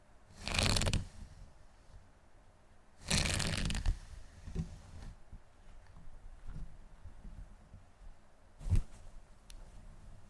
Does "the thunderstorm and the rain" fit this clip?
no